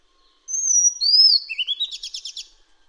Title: Suara Kacer Madagaskar. suara burung kacer madagaskar